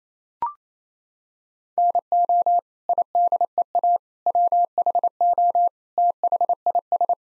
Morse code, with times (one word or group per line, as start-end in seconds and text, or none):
1.8-2.6 NO
2.9-4.0 IDEA
4.3-5.7 WHO
6.0-7.1 THIS